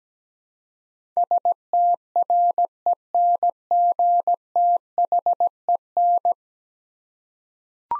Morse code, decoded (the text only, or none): STRENGTHEN